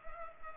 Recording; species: mosquito wingbeat signal from an infrared sensor; Culex pipiens